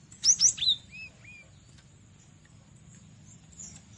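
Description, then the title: Cinereous tit delivering three loud high slurred notes followed by two soft, lower rising-falling whistles, then quiet with a faint steady high tone. "Masteran Gelatik Batu"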